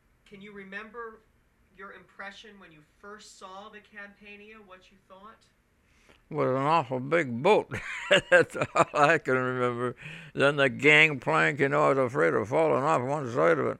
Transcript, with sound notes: Can you remember your impression when you first saw the Campania, what you thought?
It was an awful big boat. ( he laughs ) That's all I can remember. Then the gangplank and all, I was afraid of falling off one side of it.